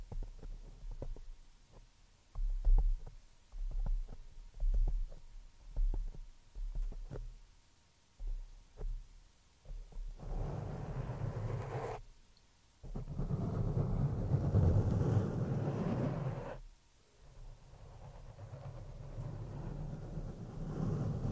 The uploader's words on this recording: ASMR PURE SCRATCHING ON THE MICROPHONE NO TALKING.